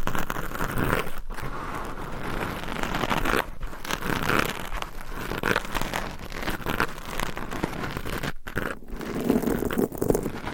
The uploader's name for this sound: ASMR Mic Scratching